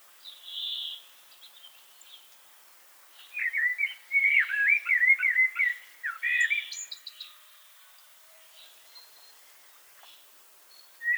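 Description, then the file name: Common blackbird singing one rich, fluty warbled phrase in the middle that ends in thin squeaky twitters, with a fainter note before it and quiet gaps on either side. "Turdus merula"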